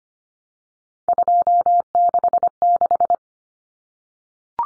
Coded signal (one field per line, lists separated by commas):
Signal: Morse code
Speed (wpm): 25 wpm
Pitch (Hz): 700 Hz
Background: none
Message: 266